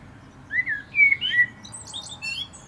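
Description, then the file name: Common blackbird delivering three rich, fluted whistles, ending in a brief burst of thin, high chattering. "Turdus merula"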